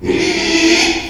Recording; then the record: squeal of a Yucatan mini pig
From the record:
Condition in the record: after surgery on the right vocal fold (resection and tissue-engineered implant); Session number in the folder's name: 2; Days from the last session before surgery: 13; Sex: male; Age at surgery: 12 weeks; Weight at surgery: 13 kg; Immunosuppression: cyclosporine, prednisolone